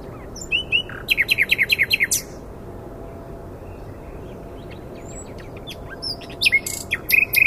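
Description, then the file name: Common nightingale delivering a quick series of repeated notes after a few whistles, a long pause, then scattered chirps and clicks building again; steady low noise underneath. "Luscinia megarhynchos"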